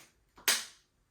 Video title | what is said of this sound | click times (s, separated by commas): Latest Release-Brushless Motor Cordless Vacuum Cleaner P1,which is more powerful suction and quieter | And then here you just want to hear the click. | 0.5 s